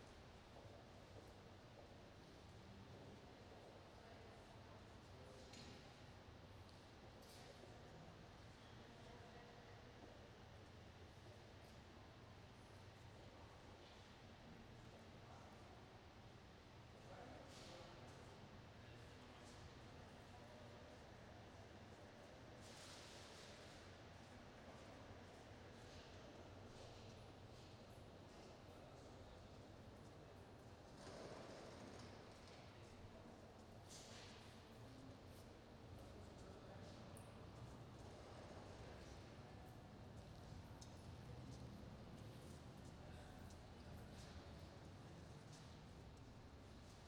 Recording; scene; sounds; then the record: everyday scene through a hearing-aid microphone; reverberant space; background noise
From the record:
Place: railway station hall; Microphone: in the ear canal, right